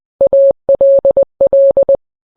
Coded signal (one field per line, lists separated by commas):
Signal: Morse code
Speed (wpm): 20 wpm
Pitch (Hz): 550 Hz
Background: none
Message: ALL